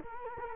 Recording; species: mosquito wingbeat signal from an infrared sensor; Culex quinquefasciatus